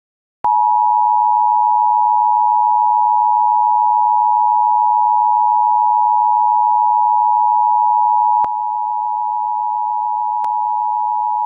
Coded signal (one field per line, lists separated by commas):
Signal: Emergency Alert System (SAME) tones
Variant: 853 and 960 Hz attention tone